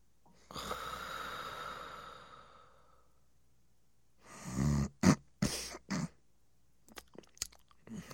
Male nasal and throaty snore.